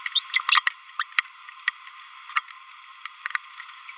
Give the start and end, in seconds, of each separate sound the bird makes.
0.99-1.03